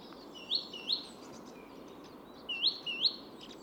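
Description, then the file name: Great tit song: two short upswept whistled notes, a pause of over a second, then two more, with soft rushing background noise. "Parus major"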